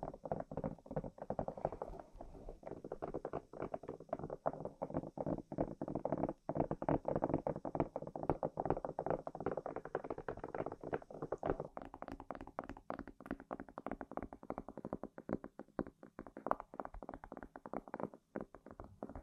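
Tapping and scratching on random objects: a dense, busy stream of quick clicks and scrapes with no pauses. A thin high hiss runs underneath for the first eleven seconds, then drops away, and the taps become sparser, sharper and more separated toward the end.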